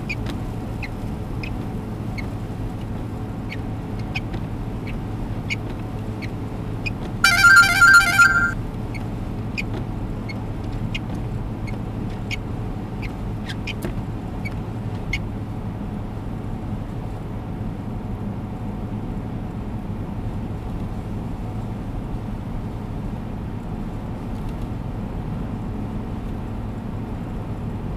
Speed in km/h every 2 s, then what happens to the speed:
118, 118, 118, 118, 118, 118, 117, 116, 115, 115, 115, 114, 114, 114.
0-28 steady at about 116.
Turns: none.